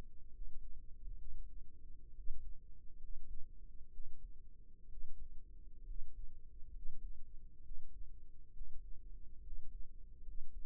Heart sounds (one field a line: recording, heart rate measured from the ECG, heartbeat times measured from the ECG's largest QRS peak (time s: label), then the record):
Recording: heart sounds by microphone in the right ear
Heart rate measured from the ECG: 67 bpm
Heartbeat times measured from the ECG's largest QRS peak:
0.33 s: heartbeat
1.19 s: heartbeat
2.15 s: heartbeat
3.00 s: heartbeat
3.92 s: heartbeat
4.89 s: heartbeat
5.86 s: heartbeat
6.72 s: heartbeat
7.63 s: heartbeat
8.53 s: heartbeat
9.42 s: heartbeat
10.24 s: heartbeat
From the record:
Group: healthy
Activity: cold pressor test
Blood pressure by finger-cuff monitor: 105/59 mmHg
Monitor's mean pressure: 73 mmHg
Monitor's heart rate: 67 bpm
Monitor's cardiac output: 6.3 L/min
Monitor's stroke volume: 95 mL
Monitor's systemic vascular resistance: 830 dyn s/cm5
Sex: male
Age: 22 years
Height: 181 cm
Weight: 79 kg